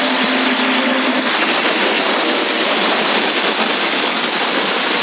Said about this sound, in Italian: Va bene, sto facendo la doccia, riprendo subito.